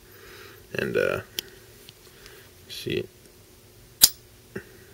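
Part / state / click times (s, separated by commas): backlock of a folding knife engaging the blade tang / seated / 4.0 s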